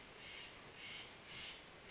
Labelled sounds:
Steller's Jay (Cyanocitta stelleri)
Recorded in Sonoma County, California

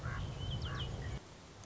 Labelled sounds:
Common Raven (Corvus corax)
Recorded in Sonoma County, California

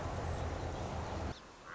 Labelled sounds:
Song Sparrow (Melospiza melodia)
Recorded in Sonoma County, California

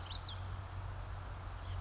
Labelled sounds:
Chestnut-backed Chickadee (Poecile rufescens)
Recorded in Sonoma County, California

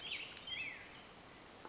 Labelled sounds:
Black-headed Grosbeak (Pheucticus melanocephalus)
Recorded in Sonoma County, California

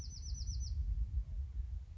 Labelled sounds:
Bewick's Wren (Thryomanes bewickii)
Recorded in Sonoma County, California

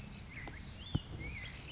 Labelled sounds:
Black-headed Grosbeak (Pheucticus melanocephalus)
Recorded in Sonoma County, California

